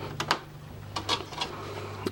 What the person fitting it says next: there's the click confirming that it is plugged in